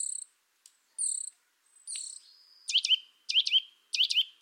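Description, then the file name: Eurasian nuthatch calls: high thin whistled notes at first, then three sharp doubled 'twit' notes, evenly spaced. "Sitta europaea"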